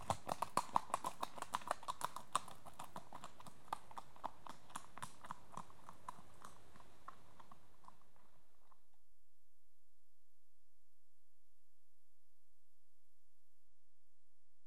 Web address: The BBC Sound Effects Library. Horses